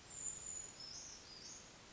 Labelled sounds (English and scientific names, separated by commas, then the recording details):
Brown Creeper (Certhia americana)
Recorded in Sonoma County, California